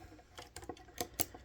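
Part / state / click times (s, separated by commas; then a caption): plastic arm on hinge of a transforming robot figure / seated / 1.0 s, 1.2 s. The plastic arm of a Mastermind Creations Reformatted Jaegertron transforming robot figure is swung up on its hinge, with a few faint ticks and scrapes as it moves. It seats with a dull thud rather than a click at 1.0 s, followed by a louder final knock at 1.2 s as it settles into place.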